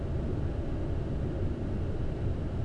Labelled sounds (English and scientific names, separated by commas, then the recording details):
none
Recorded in Germany
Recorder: ecoPi